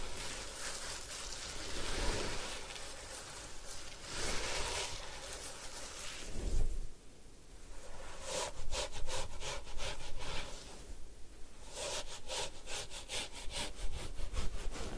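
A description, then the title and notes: Hair washing and scalp massage make a dense, steady rubbing and scrubbing sound, with bright hissy bursts around 2 and 4–5 seconds. After a brief low thump near 7 seconds, quick rhythmic scratching strokes repeat from about 8 seconds to the end. Head Spa Hair Wash, Massage, Ear Cleaning.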